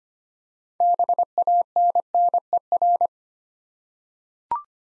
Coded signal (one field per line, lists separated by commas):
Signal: Morse code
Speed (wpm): 25 wpm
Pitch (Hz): 700 Hz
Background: none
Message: BANNER